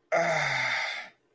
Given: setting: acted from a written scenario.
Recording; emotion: vocal sound without words; pain